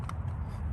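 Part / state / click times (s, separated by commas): spark plug wire connector onto ignition coil terminal / not seated / none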